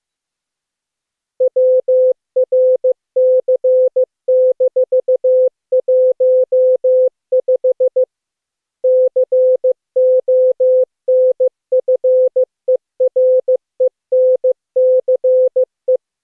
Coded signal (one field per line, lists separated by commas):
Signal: Morse code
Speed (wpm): 21 wpm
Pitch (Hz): 510 Hz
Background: none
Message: WRC-15 CONFERENCE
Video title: Daily Minutes, November 14, 2015, without the Contestia.